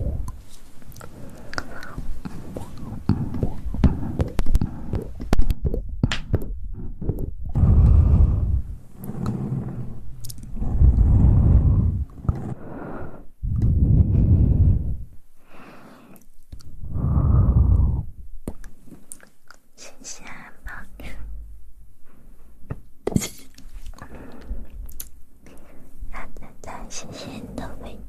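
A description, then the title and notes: Wet, clicky mouth sounds and soft rustling hand movements, with bursts of low breathy swells around 8 to 18 seconds, then sparse taps. ASMR Tingly Mouth Sounds & Hand Movements.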